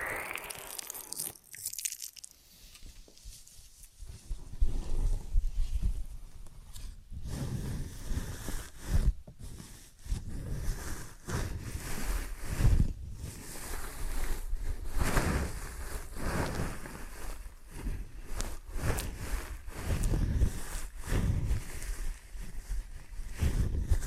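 Ear and scalp massage and cleaning: dense, rustling rubbing and scratching sounds that swell and fade in uneven strokes. The opening seconds are quieter and thinner, then from about four seconds the friction becomes steady and full, with deep muffled thumps and brighter scraping bursts every second or so.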